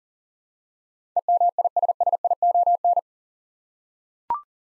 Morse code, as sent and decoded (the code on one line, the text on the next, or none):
. -- .. ... ... .. --- -.
EMISSION